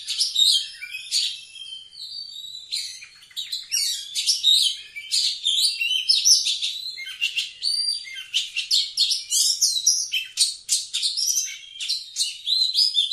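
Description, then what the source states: Oriental magpie-robin delivering a long, unbroken stream of varied high chirps, whistled slurs and buzzy fragments, phrases tumbling one after another. Singing actively, described as gacor.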